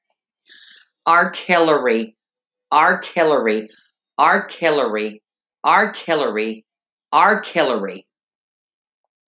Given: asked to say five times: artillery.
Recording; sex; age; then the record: repeated word; female; 50 to 59 years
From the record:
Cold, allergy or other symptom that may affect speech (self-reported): no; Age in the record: 52 years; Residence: Illinois, United States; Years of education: 14